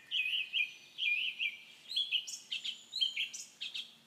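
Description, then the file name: Common nightingale song: a quick series of loud repeated warbled notes, then sharper, higher notes. "Nachtegaal"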